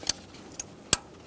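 A plastic wiring harness electrical connector is pushed onto the ignition coil of a 2010-2014 Subaru Outback during spark plug replacement. Short sharp ticks are heard at 0.1 s and 1.3 s, a faint tick near 0.6 s, and the loudest, fullest click at 0.9 s. That click at 0.9 s is the connector seating and locking onto the coil.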